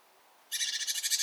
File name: Cyanistes caeruleus